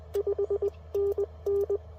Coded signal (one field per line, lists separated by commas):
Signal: Morse code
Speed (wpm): 21 wpm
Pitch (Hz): 400 Hz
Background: none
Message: 5 NN